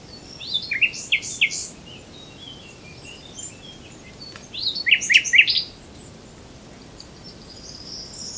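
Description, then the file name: Common nightingale song: two bursts of rapid repeated sharp notes separated by a quiet gap, with faint high whistles afterwards. "Luscinia megarhynchos"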